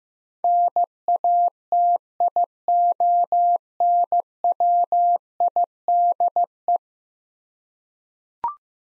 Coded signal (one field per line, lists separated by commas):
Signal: Morse code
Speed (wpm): 16 wpm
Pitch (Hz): 700 Hz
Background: none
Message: NATIONWIDE